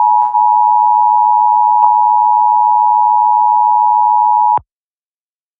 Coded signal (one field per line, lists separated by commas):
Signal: Emergency Alert System (SAME) tones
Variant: 853 and 960 Hz attention tone